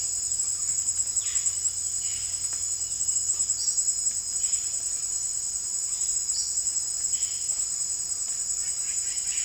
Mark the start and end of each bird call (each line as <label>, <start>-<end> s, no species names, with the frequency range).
bird call (1.1-4.8 kHz), 1.12-2.32 s
bird call (3.6-6.4 kHz), 3.40-3.85 s
bird call (4.0-6.4 kHz), 6.27-6.54 s
bird call (0.9-3.6 kHz), 8.43-9.45 s